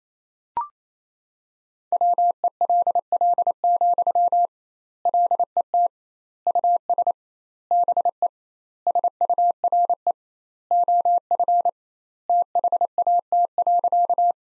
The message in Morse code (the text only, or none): WELL, LET US BE SURE OF THAT.